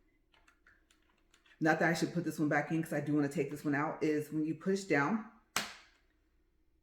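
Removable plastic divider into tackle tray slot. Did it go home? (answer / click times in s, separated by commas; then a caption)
yes / 5.6 s. A removable plastic divider is pushed down into the slot of a plastic KastKing tackle tray while someone talks, after a few faint light ticks early on. One sharp, loud snap at 5.6 s marks the divider seating in place, the snap-in feature that sets this tackle box apart from others.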